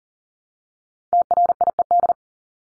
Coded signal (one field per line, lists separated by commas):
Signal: Morse code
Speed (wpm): 40 wpm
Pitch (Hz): 700 Hz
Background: none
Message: TRIED